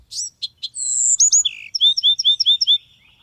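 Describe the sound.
Bewick's wren song: a few short opening notes, a high thin whistle, then a rapid series of several clear slurred notes.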